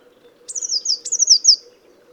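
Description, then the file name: Eurasian blue tit calls: two high, thin notes, each sliding down into a fast scratchy trill, over a steady low hum. "Cyanistes caeruleus"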